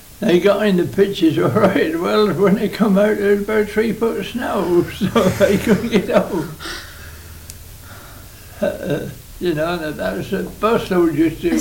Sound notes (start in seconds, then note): 1.3 laughing; 6.3 laughs